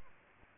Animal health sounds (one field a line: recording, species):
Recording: mosquito wingbeat signal from an infrared sensor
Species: Aedes aegypti